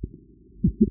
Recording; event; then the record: neck accelerometer signal played as sound; voluntary cough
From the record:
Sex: female